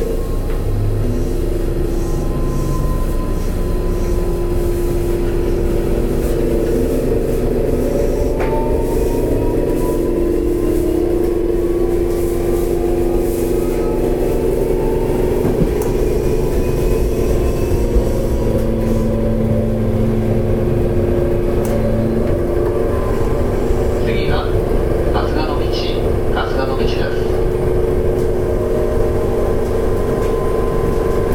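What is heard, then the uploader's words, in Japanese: A local train runs steadily, heard from inside, with a constant deep rumble and a low hum whose pitch slowly shifts as the train changes speed. Faint clatter from the wheels runs throughout, and a brief chirping squeal appears near the end. 阪急電鉄7000系電車の走行音です。神戸線の普通列車にて収録しました。区間は、西宮北口から、神戸三宮までです。この収録した車両は、リニューアルされたもの。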